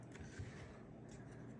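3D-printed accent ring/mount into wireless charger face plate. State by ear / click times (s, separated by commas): not seated / none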